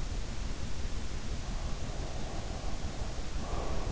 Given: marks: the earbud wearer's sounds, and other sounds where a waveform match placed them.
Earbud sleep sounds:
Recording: sounds in sleep by an in-ear microphone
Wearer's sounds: breath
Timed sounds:
0.98-3.82 s: breath

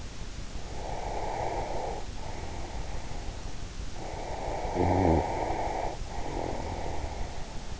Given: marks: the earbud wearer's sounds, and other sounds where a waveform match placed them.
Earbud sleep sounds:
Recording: sounds in sleep by an in-ear microphone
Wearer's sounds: breath, snoring breath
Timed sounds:
0.64-3.41 s: breath
4.10-7.80 s: snoring breath

